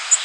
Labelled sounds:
Golden-cheeked Warbler (Setophaga chrysoparia) flight call

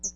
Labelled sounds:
Hooded Warbler (Setophaga citrina) flight call

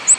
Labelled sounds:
Ovenbird (Seiurus aurocapilla) flight call

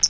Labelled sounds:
Hooded Warbler (Setophaga citrina) flight call

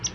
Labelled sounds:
Palm Warbler (Setophaga palmarum) flight call

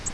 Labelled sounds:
Virginia's Warbler (Leiothlypis virginiae) flight call

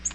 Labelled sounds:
Nashville Warbler (Leiothlypis ruficapilla) flight call

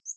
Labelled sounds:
Northern Waterthrush (Parkesia noveboracensis) flight call

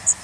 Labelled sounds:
Blackburnian Warbler (Setophaga fusca) flight call

